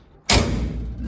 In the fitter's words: Lovely. Well, I'm glad that locks in.